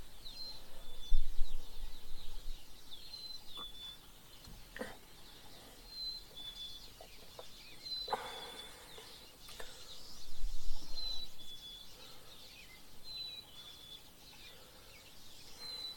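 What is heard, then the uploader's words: Bird song with short, high chirps repeating every couple of seconds over a steady hiss, with a few soft thumps and louder rustles. Bird Song with Tea. This morning I spent some time outside having some tea.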